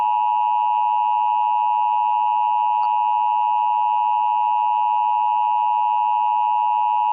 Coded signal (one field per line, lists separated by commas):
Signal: Emergency Alert System (SAME) tones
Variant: 853 and 960 Hz attention tone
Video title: EAS MOCK - Evacuation Immediate